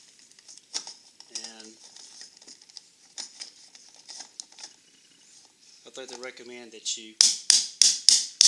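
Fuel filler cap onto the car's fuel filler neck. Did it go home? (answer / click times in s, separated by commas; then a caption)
yes / 7.5 s, 7.8 s, 8.1 s, 8.4 s. A car's plastic fuel filler cap is tightened onto the fuel filler neck of a Honda Civic while someone talks, turned until its ratchet clicks so it seals. Four sharp, evenly spaced ratchet clicks sound at 7.5, 7.8, 8.1 and 8.4 seconds, more than the three clicks needed for a good seal. The cap is torqued down and sealed.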